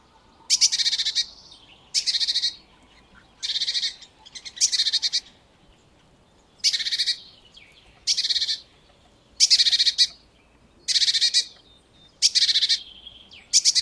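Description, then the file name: Great tit harsh, buzzy chattering bursts, each about half a second long, repeated roughly every one to two seconds against a quiet background. "Parus major"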